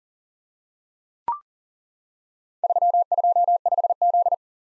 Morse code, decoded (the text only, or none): 325Z